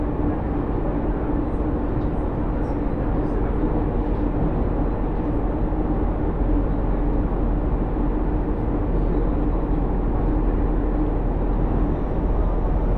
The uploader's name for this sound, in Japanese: 鉄道旅 あおなみ線・東山線 金城ふ頭→荒子・高畑→名古屋